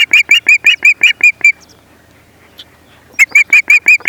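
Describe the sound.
Osprey piping a fast run of clear whistled notes, pausing, then resuming with another rapid series of similar sharp notes.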